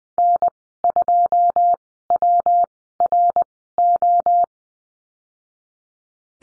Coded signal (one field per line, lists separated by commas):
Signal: Morse code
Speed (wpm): 20 wpm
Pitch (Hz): 700 Hz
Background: none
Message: N2WRO